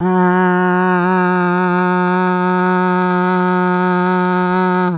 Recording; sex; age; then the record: sustained vowel /a/; female; 60 to 69 years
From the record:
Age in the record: 66 years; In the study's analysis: included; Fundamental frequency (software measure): 182 Hz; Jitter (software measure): 0.32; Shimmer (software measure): 0.80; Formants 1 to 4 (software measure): 919 Hz, 1445 Hz, 2406 Hz, 3437 Hz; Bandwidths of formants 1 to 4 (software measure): 179 Hz, 180 Hz, 307 Hz, 282 Hz